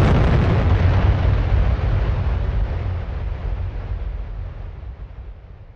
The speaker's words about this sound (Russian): Внезапно до нас донесся удар, а затем взрыв, от которого попросту заложило уши.